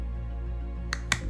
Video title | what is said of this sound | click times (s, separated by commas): How to Use Tempo | push the tempo smart button straight down on the dose knob of the tempo insulin pan until you hear a snap | 0.9 s, 1.1 s